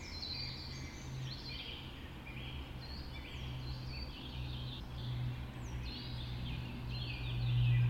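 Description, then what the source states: Birds in a birds, several singing at once, bright whistles and quick trills overlapping, over a constant low droning hum that swells near the end. Birds recorded just after dawn in the Forest of Dean.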